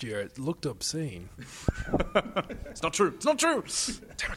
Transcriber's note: laughs